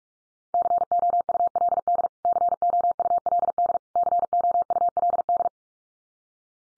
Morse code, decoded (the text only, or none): COULD COULD COULD